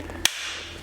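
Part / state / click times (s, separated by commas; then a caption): metal retaining clip on an exhaust silencer end cap / seated / 0.2 s. The small metal retaining spring clip on a quad's exhaust silencer end cap is put back on and snaps home with a single sharp metallic click at 0.3 s. The clip is seated, with only faint low background noise before and after.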